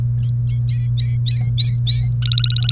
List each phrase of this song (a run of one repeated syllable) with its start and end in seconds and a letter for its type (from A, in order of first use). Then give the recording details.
0.23-2.11 A, 2.22-2.72 B. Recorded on 1 May 2018 at 07:16. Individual llb3